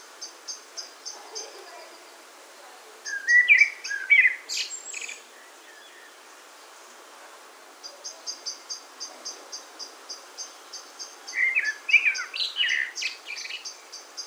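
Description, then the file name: Common blackbird singing two separate mellow warbled phrases with a long pause between, backed by insistent high pulsing insect ticks. "Turdus merula"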